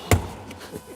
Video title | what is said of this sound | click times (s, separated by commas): Revamp Your Ride: YITAMOTOR Floor Mats Review & Installation for 2015-2024 Ford F150 Truck! | and they snap right into the factory clips | 0.1 s